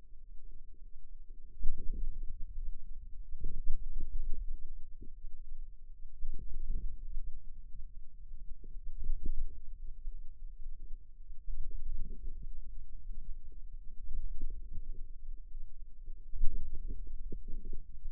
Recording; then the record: forearm muscle sounds (acoustic myography)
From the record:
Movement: ulnar deviation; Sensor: system 2, bracelet of six BSWA MPA416 microphones around the upper forearm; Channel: 2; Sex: female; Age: 22 years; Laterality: right